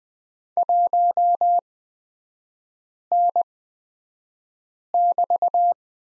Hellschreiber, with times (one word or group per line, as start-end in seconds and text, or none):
none